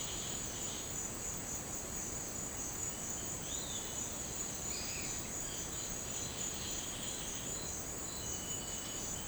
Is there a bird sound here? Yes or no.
yes